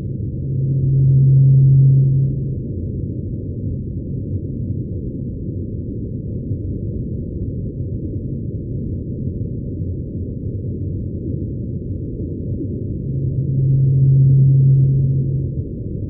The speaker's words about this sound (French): Alors, vous allez voir, ça ressemble beaucoup à la baleine antarctique, mais c'est juste la première note. Et puis, c'est répété comme ça aussi pendant des minutes et des heures.